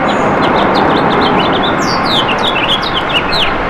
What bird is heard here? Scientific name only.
Haemorhous mexicanus